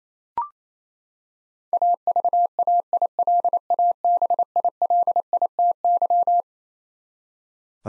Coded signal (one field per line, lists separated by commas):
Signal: Morse code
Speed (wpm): 27 wpm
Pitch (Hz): 700 Hz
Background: none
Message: AVAILABILITY